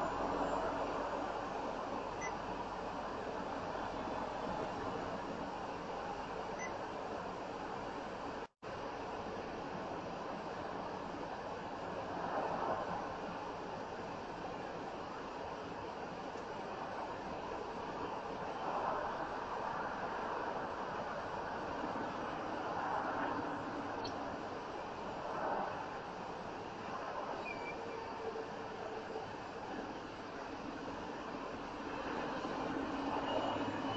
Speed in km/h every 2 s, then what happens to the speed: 55, 56, 58, 56, 55, 55, 53, 52, 50, 50, 52, 47, 37, 27, 24, 23, 24.
0-21 steady at about 55. 21-27 brakes to 24. 27-34 steady at about 24.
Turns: none.